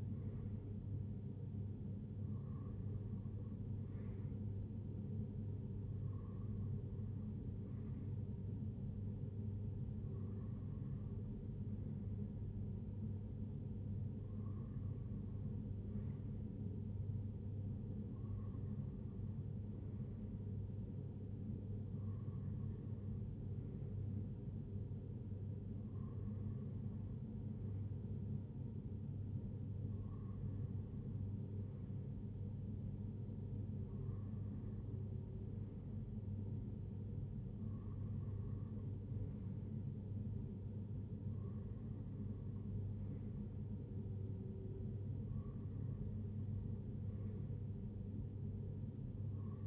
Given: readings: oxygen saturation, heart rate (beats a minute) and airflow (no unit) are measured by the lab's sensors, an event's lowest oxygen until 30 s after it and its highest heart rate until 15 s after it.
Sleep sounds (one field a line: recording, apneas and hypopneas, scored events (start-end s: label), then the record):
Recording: breathing in sleep by a smartphone at the bedside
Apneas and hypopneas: none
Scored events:
none scored
From the record:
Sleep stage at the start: N2 (light sleep)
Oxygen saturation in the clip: 95%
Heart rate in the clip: 59 to 67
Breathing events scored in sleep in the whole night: 35 in 6.9 hours asleep